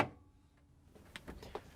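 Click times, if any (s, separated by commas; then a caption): 1.2 s, 1.5 s. A plastic light lens is lined up with its screw hole above the mounting tab and rotated down into a GE refrigerator's freezer light housing, during a defrost thermostat WR50X10069 job. A brief thump opens the clip, then light plastic clicks come at 1.2 s and 1.6 s as the four locking tabs snap into place. The lens ends up seated.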